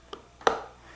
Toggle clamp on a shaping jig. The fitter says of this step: and you hear them snap down there's a cam action that locks them down